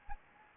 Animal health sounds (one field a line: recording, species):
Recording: mosquito wingbeat signal from an infrared sensor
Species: Anopheles gambiae